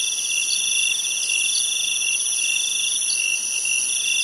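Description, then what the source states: Insects droning in a thick, continuous chorus of piercing high notes and quick pulsed trills, with a few brief chirps standing out. Insects at night in jungle in Thailand.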